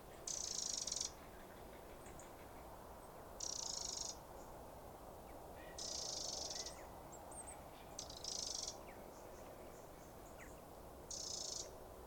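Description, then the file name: Eurasian wren making harsh, buzzy churring rattles, each lasting about half a second to a second and coming every two to three seconds over a quiet background. "Troglodytes troglodytes"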